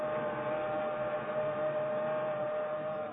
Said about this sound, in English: He glances up the track, the fast-approaching southbound express.